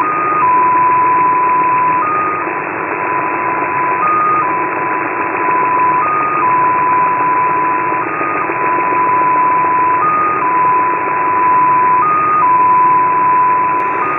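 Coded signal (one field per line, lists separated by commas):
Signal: numbers station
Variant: XPA2 MFSK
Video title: XPA2 7684kHz 16:20 UTC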